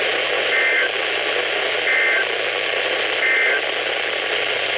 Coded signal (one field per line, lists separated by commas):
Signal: Emergency Alert System (SAME) tones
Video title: EAS #179-#187: Alerts From Wakefield! | KHB36 & WXM57